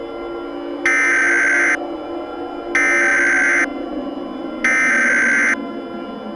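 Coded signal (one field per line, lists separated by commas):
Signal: Emergency Alert System (SAME) tones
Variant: header bursts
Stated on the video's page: Fictional EAS scenario containing valid EAS tones that could trigger real activations if aired.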